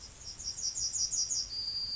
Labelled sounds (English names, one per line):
Yellowhammer song